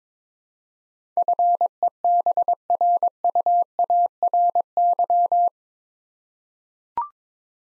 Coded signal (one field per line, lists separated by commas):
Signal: Morse code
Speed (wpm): 21 wpm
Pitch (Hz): 700 Hz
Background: none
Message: FEBRUARY